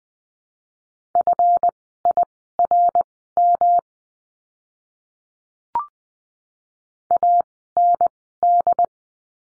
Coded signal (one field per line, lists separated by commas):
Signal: Morse code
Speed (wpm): 20 wpm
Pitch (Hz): 700 Hz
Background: none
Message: FIRM AND